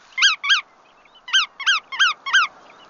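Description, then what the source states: Bar-tailed Godwit calls: six sharp, rising-falling nasal notes in two bursts, a pair then four in quick succession. Pigeon-sized shorebird; each autumn flies 7,200 miles nonstop from western Alaska to New Zealand in 8 or 9 days, after more than doubling its weight with fat in about 2 weeks.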